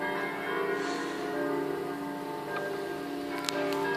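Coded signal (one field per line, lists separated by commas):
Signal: bell signal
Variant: distesa, five swinging bells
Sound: several large church bells swinging and ringing continuously together, overlapping tones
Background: outdoor ambience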